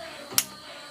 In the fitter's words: click that's 30 lb and then when you do this you want to go from one side to the other side